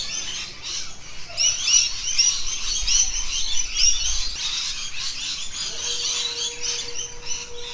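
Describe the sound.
Rainbow lorikeet calls: overlapping shrill screeches from several birds, building after the first second, then a steady low hum enters near the end.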